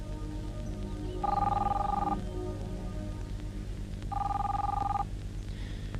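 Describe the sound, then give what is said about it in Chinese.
A telephone rings in two long, steady bursts separated by a pause, a bright electronic trill over a low background hum, with no one speaking. “你不想接电话？”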